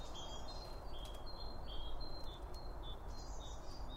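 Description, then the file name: Birds give thin high chirps and short twitters in a quick run over a continuous low background rumble. Birds around a bird feeder; recorded with two Line Audio OM1 microphones. "Birds Around Birdfeeding With Two Om 1 From Line Audio"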